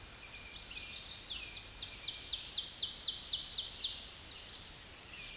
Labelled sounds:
Ovenbird song
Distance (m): 30 m
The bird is about 5 m above the microphone
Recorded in a Pennsylvania forest on 16 May 2024 at 07:34
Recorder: AudioMoth, point MSD-1482
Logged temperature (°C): 15.6 °C
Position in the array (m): 211 m, 129 m

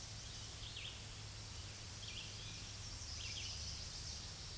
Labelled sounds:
Red-eyed Vireo song
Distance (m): 70 m
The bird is about 10 m above the microphone
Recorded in a Pennsylvania forest on 16 May 2024 at 07:35
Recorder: AudioMoth, point MSD-2083
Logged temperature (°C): 16.7 °C
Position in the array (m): 183 m, 78 m

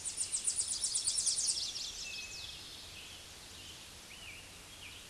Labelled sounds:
Tennessee Warbler song
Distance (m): 20 m
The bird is about 15 m above the microphone
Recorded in a Pennsylvania forest on 16 May 2024 at 06:32
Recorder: AudioMoth, point MSD-2039
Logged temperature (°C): 15.0 °C
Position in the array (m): 73 m, 76 m

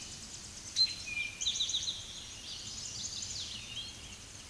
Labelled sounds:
Eastern Towhee song
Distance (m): 5 m
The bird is about 5 m above the microphone
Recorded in a Pennsylvania forest on 16 May 2024 at 07:51
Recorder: AudioMoth, point MSD-0508
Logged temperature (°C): 15.5 °C
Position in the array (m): 95 m, 157 m

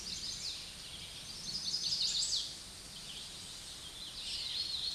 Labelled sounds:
Chestnut-sided Warbler song
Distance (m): 25 m
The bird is about 10 m above the microphone
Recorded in a Pennsylvania forest on 16 May 2024 at 07:16
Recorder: AudioMoth, point MSD-2417
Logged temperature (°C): 16.4 °C
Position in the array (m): 80 m, 65 m

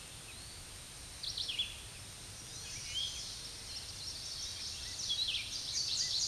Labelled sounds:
Red-eyed Vireo song
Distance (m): 15 m
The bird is about 5 m above the microphone
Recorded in a Pennsylvania forest on 16 May 2024 at 06:25
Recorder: AudioMoth, point MSD-2494
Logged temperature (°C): 15.6 °C
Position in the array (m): 199 m, 172 m

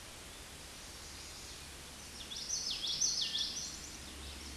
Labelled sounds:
Common Yellowthroat song
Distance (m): 10 m
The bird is about level with the microphone
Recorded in a Pennsylvania forest on 16 May 2024 at 09:25
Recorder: AudioMoth, point MSD-1295
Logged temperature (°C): 13.7 °C
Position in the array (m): 180 m, 83 m

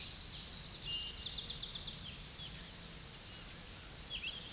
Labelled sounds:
Eastern Towhee song
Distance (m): 35 m
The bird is about 5 m above the microphone
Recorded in a Pennsylvania forest on 16 May 2024 at 07:38
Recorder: AudioMoth, point MSD-1418
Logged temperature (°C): 16.4 °C
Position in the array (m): 181 m, 181 m

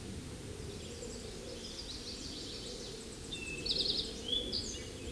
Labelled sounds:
Eastern Towhee song
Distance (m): 20 m
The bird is about 15 m above the microphone
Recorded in a Pennsylvania forest on 16 May 2024 at 08:59
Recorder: AudioMoth, point MSD-2131
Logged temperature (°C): 14.8 °C
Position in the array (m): 54 m, 24 m

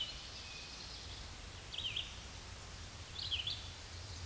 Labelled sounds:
Red-eyed Vireo song
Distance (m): 35 m
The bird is about 25 m above the microphone
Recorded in a Pennsylvania forest on 16 May 2024 at 08:27
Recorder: AudioMoth, point MSD-2258
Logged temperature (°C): 15.2 °C
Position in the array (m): 176 m, 73 m

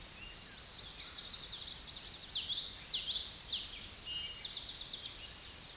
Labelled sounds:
Common Yellowthroat song
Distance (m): 15 m
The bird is about level with the microphone
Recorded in a Pennsylvania forest on 16 May 2024 at 08:03
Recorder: AudioMoth, point MSD-1418
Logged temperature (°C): 16.4 °C
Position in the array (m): 224 m, 181 m

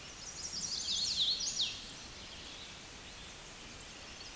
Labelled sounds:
Hooded Warbler song
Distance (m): 35 m
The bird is about 10 m above the microphone
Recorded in a Pennsylvania forest on 16 May 2024 at 08:56
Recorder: AudioMoth, point MSD-2181
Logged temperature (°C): 12.8 °C
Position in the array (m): 144 m, 140 m

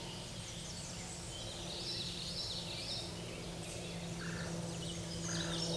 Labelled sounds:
Common Yellowthroat song
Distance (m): 25 m
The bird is about 5 m above the microphone
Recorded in a Pennsylvania forest on 16 May 2024 at 08:05
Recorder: AudioMoth, point MSD-2107
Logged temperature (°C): 16.1 °C
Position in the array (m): 57 m, 145 m

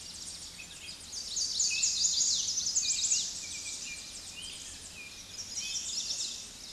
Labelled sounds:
Chestnut-sided Warbler song
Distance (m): 20 m
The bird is about 5 m above the microphone
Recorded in a Pennsylvania forest on 16 May 2024 at 06:40
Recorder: AudioMoth, point MSD-1405
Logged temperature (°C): 15.6 °C
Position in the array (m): 177 m, 181 m

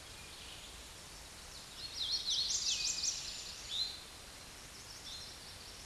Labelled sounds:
Eastern Towhee song
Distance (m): 35 m
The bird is about 5 m below the microphone
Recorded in a Pennsylvania forest on 16 May 2024 at 09:49
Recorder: AudioMoth, point MSD-2258
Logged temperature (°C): 15.2 °C
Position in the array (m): 177 m, 55 m

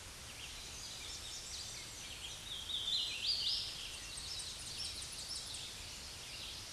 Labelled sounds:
Hooded Warbler song
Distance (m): 40 m
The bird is about 15 m above the microphone
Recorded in a Pennsylvania forest on 16 May 2024 at 07:27
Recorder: AudioMoth, point MSD-2107
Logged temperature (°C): 16.1 °C
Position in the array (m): 10 m, 152 m

